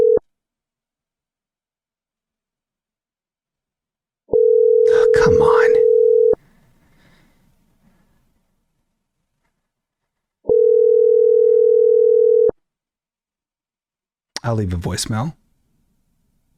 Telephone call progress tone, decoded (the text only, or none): ringback tone